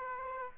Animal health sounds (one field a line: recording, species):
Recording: mosquito wingbeat signal from an infrared sensor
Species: Aedes aegypti